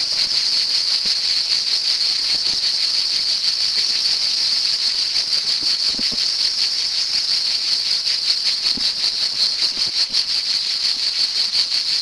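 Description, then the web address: Cicada song, an unbroken piercing buzz with rapid throbbing pulses, a few faint low clicks underneath. "son cigales"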